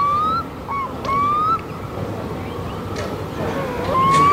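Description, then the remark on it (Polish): Black-throated loon wailing: three drawn-out, upward-sliding tonal cries with faint overtones, spaced over a few seconds against a steady rush of wind and water. “No, to jest niezłe wycie. To się nazywa nur czarnoszyi.”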